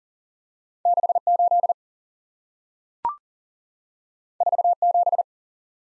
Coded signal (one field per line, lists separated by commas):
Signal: Morse code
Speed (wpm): 38 wpm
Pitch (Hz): 700 Hz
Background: none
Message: 6 8 4 7